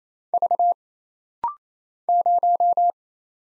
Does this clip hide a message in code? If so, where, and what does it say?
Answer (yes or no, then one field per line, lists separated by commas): yes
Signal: Morse code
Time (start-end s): 0.3-2.9 s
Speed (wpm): 27 wpm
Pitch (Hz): 700 Hz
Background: none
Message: V 0